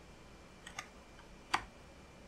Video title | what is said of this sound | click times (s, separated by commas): Davis Vantage Pro2 Plus Install - Part 3: Configuring the Console and Installing WeatherLink | I kind of fit in there snapped into place | 1.5 s